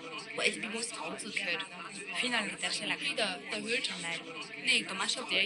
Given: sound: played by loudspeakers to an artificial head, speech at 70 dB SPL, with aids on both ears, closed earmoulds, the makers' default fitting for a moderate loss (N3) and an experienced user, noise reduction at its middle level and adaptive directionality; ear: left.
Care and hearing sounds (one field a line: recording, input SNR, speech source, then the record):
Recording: speech test signal (ISTS) in cocktail-party noise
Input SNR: -6 dB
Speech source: in front (0 degrees)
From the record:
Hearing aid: class 2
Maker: I